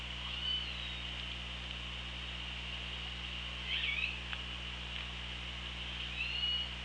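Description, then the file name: Orca calls, faint tonal cries near the upper middle pitch heard three times, at the start, midway and near the end, over a steady hiss and low hum of underwater noise. Underwater recording from an OrcaLab hydrophone, 24 August 2017, 07:36. "Orca Lab 20170824 073600"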